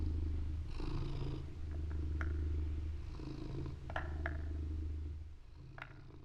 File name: purr fusa